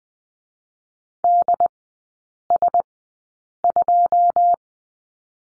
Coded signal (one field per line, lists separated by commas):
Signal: Morse code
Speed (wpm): 20 wpm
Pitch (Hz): 700 Hz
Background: none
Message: D S 2